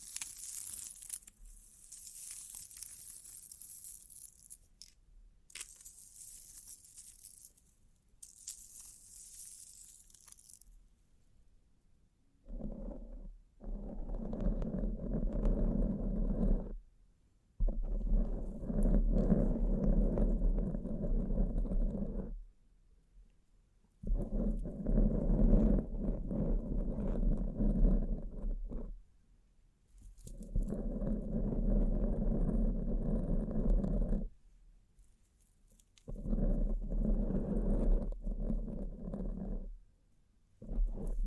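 Bling bling ASMR triggers: the first ten seconds bring bright, hissing, crinkly bursts in short runs. After that come repeated blocks of low, droning buzz or rumble, each lasting about four to five seconds, separated by brief quiet gaps.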